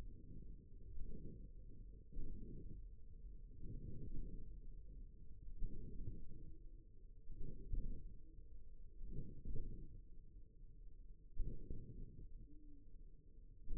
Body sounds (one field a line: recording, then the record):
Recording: forearm muscle sounds (acoustic myography)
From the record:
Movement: wrist extension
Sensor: system 1, eight BSWA MPA416 microphones around the upper forearm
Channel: 3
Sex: male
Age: 54 years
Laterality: right